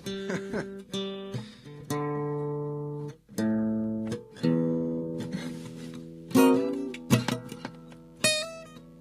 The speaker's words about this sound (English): So I'm in a barn right now. In this barn, it's like 30 degrees outside. Funny noises is great. That's definitely a good quality of a good instrument. Professional is this that I'm tuning with the mic on?